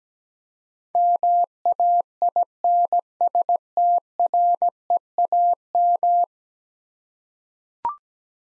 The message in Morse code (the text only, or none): MAINSTREAM